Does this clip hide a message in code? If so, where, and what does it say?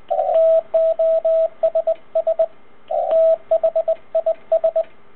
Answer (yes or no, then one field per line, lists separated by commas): yes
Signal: Morse code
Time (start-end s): 0.3-4.8 s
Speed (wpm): 22 wpm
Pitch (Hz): 650 Hz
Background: radio noise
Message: TOSS THIS